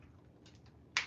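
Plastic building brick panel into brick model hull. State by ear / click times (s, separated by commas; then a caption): seated / 1.0 s. A plastic LEGO panel piece is pressed onto the hull of the midi-size Millennium Falcon model (set #75375) after the model is turned for a better angle. Faint, soft handling rustles come first, then a sharp, loud click at 1.0 s as the panel seats onto the model.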